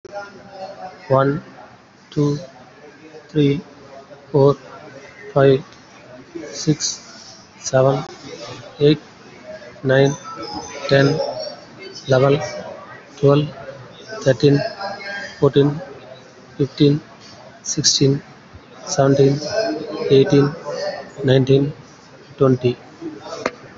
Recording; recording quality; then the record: counting at a normal pace; excellent, no background noise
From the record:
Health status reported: COVID-19 positive, moderate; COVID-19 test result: positive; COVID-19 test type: RT-PCR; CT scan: taken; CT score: 6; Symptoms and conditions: fever, fatigue, muscle pain, diarrhoea, hypertension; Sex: male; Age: 45 years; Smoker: no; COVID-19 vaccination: one dose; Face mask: worn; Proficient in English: yes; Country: India